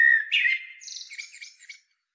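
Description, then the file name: Eurasian blackbird song phrase: a brief fluted whistle followed by a scratchy, high-pitched chattering twitter that fades out. "Turdus merula"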